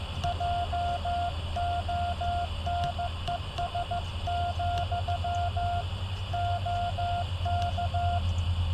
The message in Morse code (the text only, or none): JONES, OK